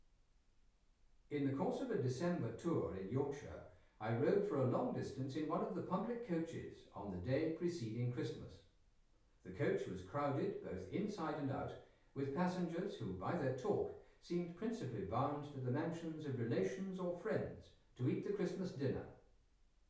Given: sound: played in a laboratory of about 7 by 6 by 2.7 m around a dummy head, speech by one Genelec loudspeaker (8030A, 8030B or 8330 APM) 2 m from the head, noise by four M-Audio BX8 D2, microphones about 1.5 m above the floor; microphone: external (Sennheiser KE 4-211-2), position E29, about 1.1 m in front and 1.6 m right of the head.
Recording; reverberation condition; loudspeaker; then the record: male speech in English; medium; 150 degrees to the right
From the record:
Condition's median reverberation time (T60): about 510 ms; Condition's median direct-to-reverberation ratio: about -0.5 dB